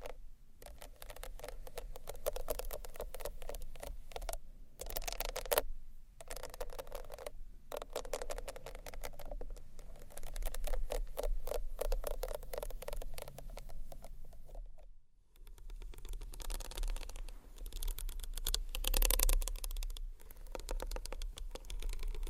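Tiny bottles rattle and rub against a textured bag in a dense, crackling stream of clicks and rustles. Short pauses break it near 5, 6 and 7.5 seconds, and a longer lull comes around 15 seconds. A low rumble sits underneath throughout.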